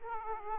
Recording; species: mosquito wingbeat signal from an infrared sensor; Aedes aegypti